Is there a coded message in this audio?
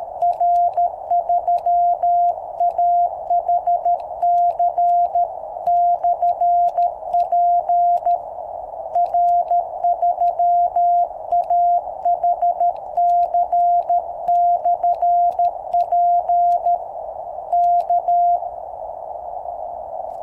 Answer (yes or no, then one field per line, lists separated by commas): yes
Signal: Morse code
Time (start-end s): 0.2-18.4 s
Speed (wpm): 14 wpm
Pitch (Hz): 700 Hz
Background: none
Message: R3AHC/P R3AHC/P K